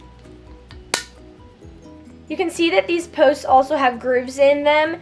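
Two plastic sleeve halves are fitted around the bottom of a metal shelving pole, where they sit in a groove; the step is repeated so the click can be heard. After a faint tap at 0.7 s, a sharp click at 0.9 s shows the sleeves are seated and held in place, over quiet background music. From about 2.3 s, someone talks.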